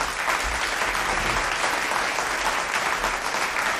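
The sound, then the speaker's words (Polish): Loud, steady applause from an audience welcoming special guest saxophonist Maciej Sikała onto the stage, a dense wash of many hands clapping at once that holds evenly throughout with no voices standing out. “Ogromne brawo, Maciej Sikała!”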